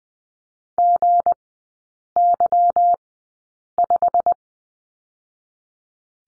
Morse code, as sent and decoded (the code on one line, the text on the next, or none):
--. -.-- .....
GY5